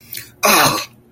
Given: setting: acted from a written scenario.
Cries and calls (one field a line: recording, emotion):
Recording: vocal sound without words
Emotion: shame